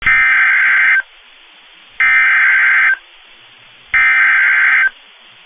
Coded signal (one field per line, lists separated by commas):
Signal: Emergency Alert System (SAME) tones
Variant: header bursts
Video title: Tornado Warning (Bailey, Hockley, Lamb Counties, TX) (4/25/25) [EAS #148]